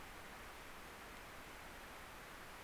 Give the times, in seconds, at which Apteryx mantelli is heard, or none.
none